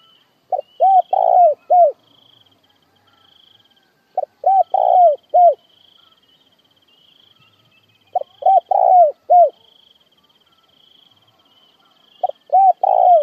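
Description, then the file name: Spotted dove calling in regular cooing phrases of four or five mellow notes, the final one drooping, repeated about every four seconds against a quiet high whine. Calling the flock. "Tieng cu gay goi bay"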